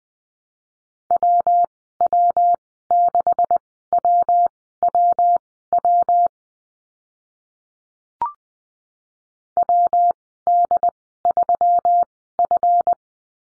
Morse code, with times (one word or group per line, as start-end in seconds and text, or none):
1.1-6.3 WW6WWW
9.6-12.9 WD3F